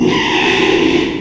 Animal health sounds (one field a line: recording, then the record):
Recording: squeal of a Yucatan mini pig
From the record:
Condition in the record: after surgery on the right vocal fold (resection and tissue-engineered implant)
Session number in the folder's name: 1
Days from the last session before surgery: 6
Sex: male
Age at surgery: 12 weeks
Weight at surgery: 13 kg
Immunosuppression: cyclosporine, prednisolone